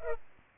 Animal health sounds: mosquito wingbeat signal from an infrared sensor; Culex pipiens

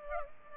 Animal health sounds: mosquito wingbeat signal from an infrared sensor; Culex pipiens

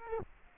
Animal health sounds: mosquito wingbeat signal from an infrared sensor; Aedes aegypti

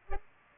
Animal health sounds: mosquito wingbeat signal from an infrared sensor; Culex pipiens

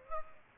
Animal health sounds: mosquito wingbeat signal from an infrared sensor; Aedes aegypti

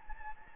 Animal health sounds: mosquito wingbeat signal from an infrared sensor; Anopheles gambiae

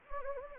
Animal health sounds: mosquito wingbeat signal from an infrared sensor; Anopheles gambiae

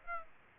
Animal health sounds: mosquito wingbeat signal from an infrared sensor; Aedes aegypti

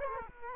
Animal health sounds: mosquito wingbeat signal from an infrared sensor; Culex quinquefasciatus

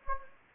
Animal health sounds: mosquito wingbeat signal from an infrared sensor; Anopheles gambiae

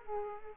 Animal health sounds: mosquito wingbeat signal from an infrared sensor; Culex quinquefasciatus

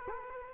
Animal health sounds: mosquito wingbeat signal from an infrared sensor; Culex quinquefasciatus

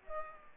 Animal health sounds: mosquito wingbeat signal from an infrared sensor; Aedes aegypti

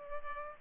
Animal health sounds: mosquito wingbeat signal from an infrared sensor; Culex pipiens

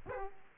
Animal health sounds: mosquito wingbeat signal from an infrared sensor; Aedes aegypti

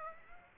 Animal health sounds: mosquito wingbeat signal from an infrared sensor; Aedes aegypti

